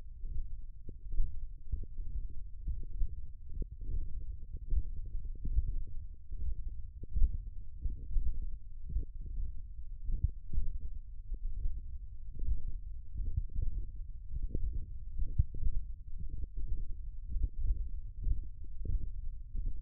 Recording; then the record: forearm muscle sounds (acoustic myography)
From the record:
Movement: thumb flexion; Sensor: system 1, eight BSWA MPA416 microphones around the upper forearm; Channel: 6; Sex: male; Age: 42 years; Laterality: right